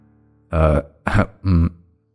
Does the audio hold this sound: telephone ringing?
no